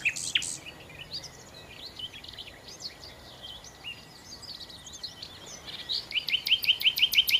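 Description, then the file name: Common nightingale singing: soft scattered chirps and twitters, building near the end into a fast series of loud, sharp repeated notes. "Nachtigall"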